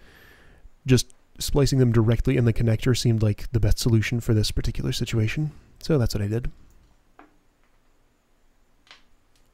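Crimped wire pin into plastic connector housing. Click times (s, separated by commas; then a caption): 7.2 s. Someone talks for about the first six and a half seconds, then a recrimped wire pin is pushed into a plastic connector housing and clicks into place at 7.2 s, seated and connected. A few faint ticks follow near the end.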